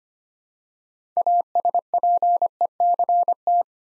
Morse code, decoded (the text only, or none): ASPECT